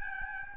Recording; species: mosquito wingbeat signal from an infrared sensor; Aedes albopictus